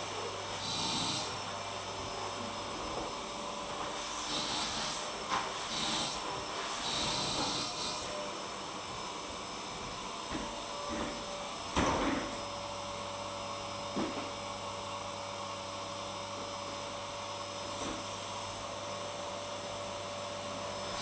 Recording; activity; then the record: daily activity, microphone in the room; vacuum cleaning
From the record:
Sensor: 1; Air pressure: 1000.2 hPa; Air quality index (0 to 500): 139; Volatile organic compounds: 2 ppm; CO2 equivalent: 1307 ppm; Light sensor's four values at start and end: 32/80/34/41 and 33/83/35/43